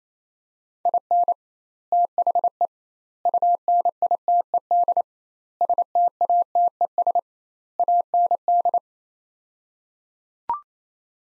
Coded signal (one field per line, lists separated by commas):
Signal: Morse code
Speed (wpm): 28 wpm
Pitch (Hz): 700 Hz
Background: none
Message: IN THE UNITED STATES AND